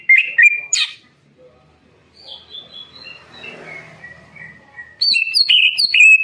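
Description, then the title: Greater green leafbird with loud slurred whistles, then a softer wandering warble over faint noise, ending in a bright burst of rapid chirping notes. Bird in full, vigorous song. "Cucak Ijo Gacor"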